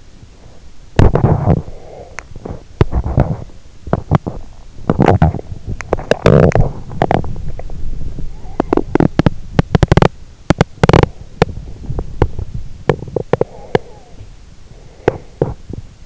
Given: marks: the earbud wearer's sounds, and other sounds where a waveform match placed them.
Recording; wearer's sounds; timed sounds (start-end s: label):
sounds in sleep by an in-ear microphone; body movement
0.36-16.06 s: body movement